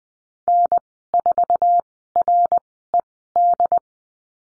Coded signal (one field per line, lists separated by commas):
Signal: Morse code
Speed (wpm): 20 wpm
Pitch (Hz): 700 Hz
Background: none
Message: N4RED